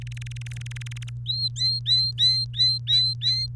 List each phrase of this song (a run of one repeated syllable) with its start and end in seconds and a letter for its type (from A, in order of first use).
0.01-1.09 A, 1.26-3.46 B